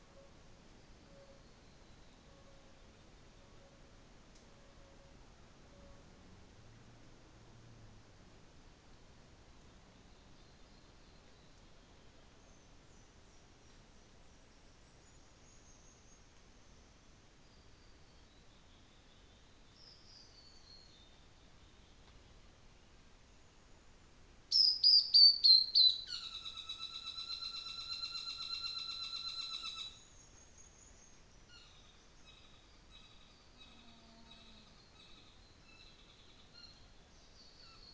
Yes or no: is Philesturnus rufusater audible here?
yes